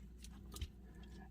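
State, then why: Seated. A plastic combiner limb is slid down into the torso connection port of a transforming robot toy until it locks into place. Quiet clicks are heard at about 0.2, 0.6 and 0.6 seconds over a low background hum. The limb seats and locks.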